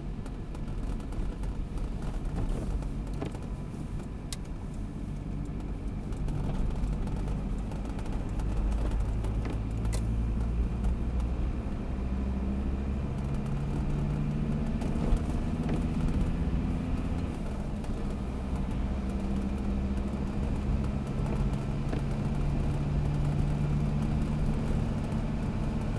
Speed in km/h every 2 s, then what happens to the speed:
35, 35, 36, 34, 31, 35, 45, 56, 61, 64, 67, 70, 73.
0-9 steady at about 35. 9-26 speeds up to 73.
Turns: 0-10.